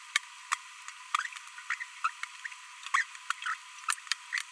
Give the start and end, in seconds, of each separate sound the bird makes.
1.70-1.74, 2.04-2.10, 2.94-3.02, 3.42-3.54, 4.33-4.41